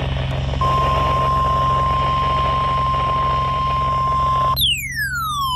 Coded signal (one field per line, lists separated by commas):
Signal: Emergency Alert System (SAME) tones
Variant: 1050 Hz attention tone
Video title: Severe Thunderstorm Watch 401 on WXM57 (6/22/22) (EAS 8411)